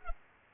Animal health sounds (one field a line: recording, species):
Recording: mosquito wingbeat signal from an infrared sensor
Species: Culex pipiens